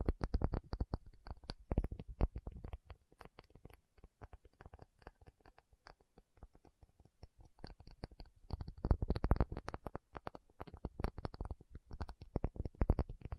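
A tapping session with no talking: rapid, dense clusters of soft taps and knocks, mostly low and dull with some brighter clicks on top. The bursts come in waves, busiest around the first three seconds and again from about nine to thirteen seconds, with sparser, quieter tapping between.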